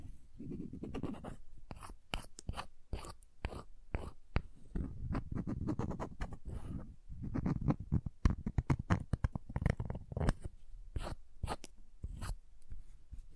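Crayons scrape, tap and drag across a surface in a busy, uneven stream of short strokes, with sharp ticks scattered throughout. Low, rough rubbing fills the gaps between clicks. Bursts of quick tapping crowd together around the eighth to tenth second.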